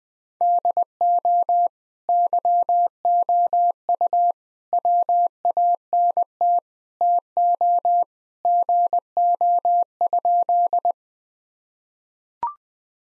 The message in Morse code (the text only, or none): DO YOU WANT TO GO?